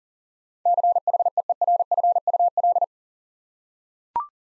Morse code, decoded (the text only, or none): CHEERFUL